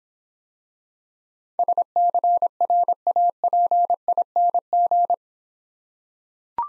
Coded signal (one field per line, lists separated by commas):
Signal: Morse code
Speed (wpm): 26 wpm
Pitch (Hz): 700 Hz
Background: none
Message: SCRAPING